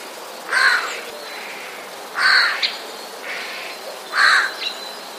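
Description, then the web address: Eurasian jay rasping alarm screeches, three harsh bursts spaced about two seconds apart, with a softer call between them. Recorded 6 February 2016. "ostrzegator sojka 06 02 2016"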